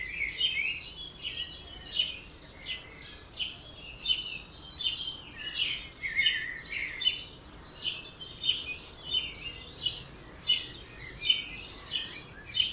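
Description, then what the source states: Dawn chorus of birds, busy overlapping high chirps and trills pulsing in quick bursts. Dawn chorus at 4am in Oberhofen, Inntal, Austria; binaural recording, best heard with headphones.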